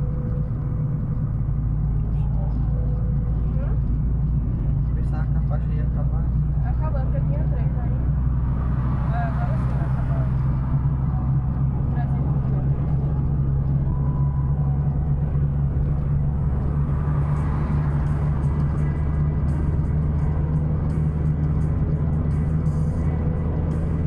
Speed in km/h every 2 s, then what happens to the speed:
47, 48, 52, 55, 58, 61, 63, 65, 67, 68, 70, 73.
0-24 speeds up to 73.